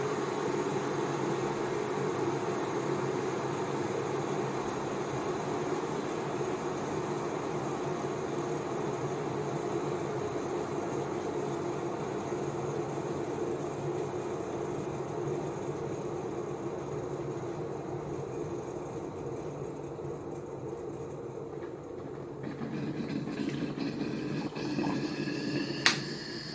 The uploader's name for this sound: Hotcup machine